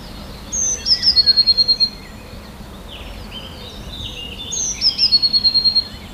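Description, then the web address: Eurasian blue tit song repeated twice, each starting with high thin notes and ending in a fast trill. "wroblowe teka spiew. modraszkoteka"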